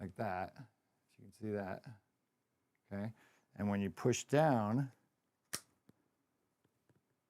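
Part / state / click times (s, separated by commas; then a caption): RAM stick into motherboard memory slot / seated / 5.5 s. Someone talks while pushing a RAM memory stick down into a motherboard DIMM memory slot. A sharp click at 5.5 s marks the slot's retention clips snapping shut, followed by a few faint ticks. The stick is seated and held solidly in place.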